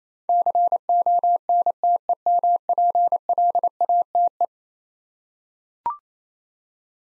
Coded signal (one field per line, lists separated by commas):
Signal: Morse code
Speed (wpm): 27 wpm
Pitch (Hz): 700 Hz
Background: none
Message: CONTEMPLATE